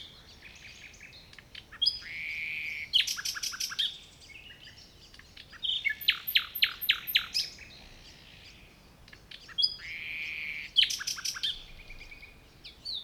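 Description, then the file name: Common nightingale delivering three similar phrases, each a harsh buzzy note followed by a fast run of loud clicking repeated notes, with pauses of a few seconds between. "Luscinia megarhynchos"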